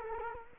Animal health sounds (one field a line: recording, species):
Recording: mosquito wingbeat signal from an infrared sensor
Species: Culex quinquefasciatus